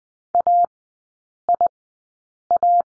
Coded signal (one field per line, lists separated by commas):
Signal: Morse code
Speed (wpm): 20 wpm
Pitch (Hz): 700 Hz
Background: none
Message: AIA